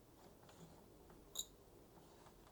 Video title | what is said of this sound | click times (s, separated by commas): "How to Replace Ink in Canon Pixma TS6420a: A Quick Tutorial | yep and you could hear that engage it's pretty quiet but in person you'll definitely hear it | 1.4 s